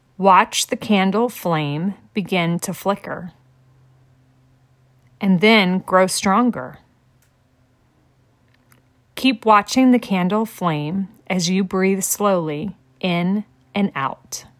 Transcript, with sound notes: Watch the candle flame begin to flicker (short pause) and then grow stronger. Keep watching the candle flame as you breathe slowly in and out.